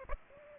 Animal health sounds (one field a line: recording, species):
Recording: mosquito wingbeat signal from an infrared sensor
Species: Aedes aegypti